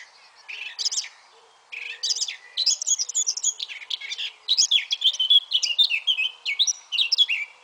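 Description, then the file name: Eurasian blackcap singing a fast, varied warble of scratchy and chattering notes in short bursts. "Sylvia atricapilla"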